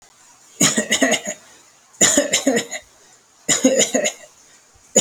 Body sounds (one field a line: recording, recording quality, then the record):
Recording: shallow voluntary cough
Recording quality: excellent, no background noise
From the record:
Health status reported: healthy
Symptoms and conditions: diabetes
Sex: male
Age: 67 years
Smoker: not ticked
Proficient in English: yes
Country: India